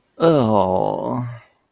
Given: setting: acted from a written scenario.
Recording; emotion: vocal sound without words; embarrassment